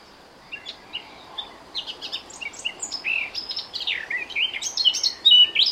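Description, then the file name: Eurasian blackcap singing a rich, hurried warble that grows louder and ends in clear fluting whistles over faint background noise. "Sylvia atricapilla"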